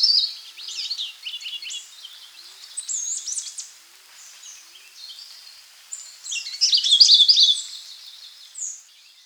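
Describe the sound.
Sulawesi leaf warbler song, high jumbled twittering and slurred notes in bursts, loudest near the end, with quieter phrases between.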